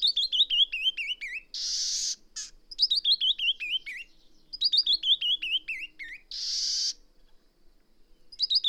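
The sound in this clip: Bird song with repeated cascading runs of bright hooked notes falling in pitch, some runs followed by a loud raspy, hissing burst.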